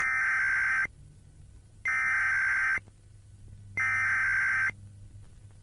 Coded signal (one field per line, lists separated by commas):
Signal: Emergency Alert System (SAME) tones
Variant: header bursts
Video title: Kirkified || Eas Scenario